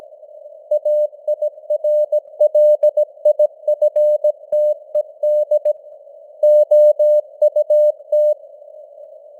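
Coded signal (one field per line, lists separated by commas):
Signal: Morse code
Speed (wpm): 17 wpm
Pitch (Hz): 600 Hz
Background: none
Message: AIRLIFTED OUT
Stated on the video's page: News headlines in Morse at 17 wpm with simulated radio noise and fading (QSB).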